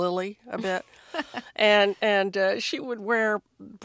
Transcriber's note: laughter